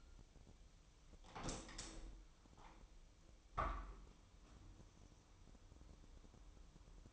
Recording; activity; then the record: daily activity, microphone in the room; open window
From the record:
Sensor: 1